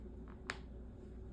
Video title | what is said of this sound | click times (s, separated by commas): Crochet Lemon Pattern Tutorial - Easy Summer Crochet Decor - Cloud 9 Knots | You hear a click, and then it's secured in place. | 0.5 s